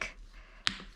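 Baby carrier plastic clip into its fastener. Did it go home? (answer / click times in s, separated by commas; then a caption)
yes / 0.7 s. A plastic clip on a baby carrier is pushed into its fastener and seats with a sharp, bright click at 0.7 s. Softer rubbing and handling sounds come before and after it, with a faint tick near the end.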